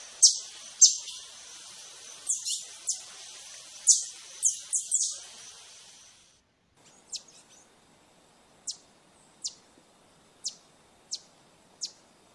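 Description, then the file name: Green honeycreeper sharp, high-pitched chip calls, a rapid series at the start, then single thin tsips about every second. "Canto do sai verde"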